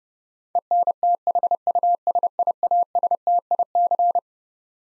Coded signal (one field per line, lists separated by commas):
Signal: Morse code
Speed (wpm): 30 wpm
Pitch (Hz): 700 Hz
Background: none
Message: ENTHUSIASTIC